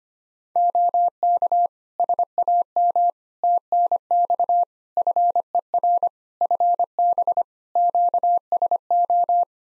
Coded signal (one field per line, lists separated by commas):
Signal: Morse code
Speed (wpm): 25 wpm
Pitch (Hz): 700 Hz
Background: none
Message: OK SAM TNX FER FB QSO